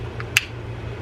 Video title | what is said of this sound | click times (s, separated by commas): Okuma Classic 4 1 saltwater levelwind fishing reel how to take apart and service | make sure you hear the snap and this is a good time to test to make sure that this | 0.4 s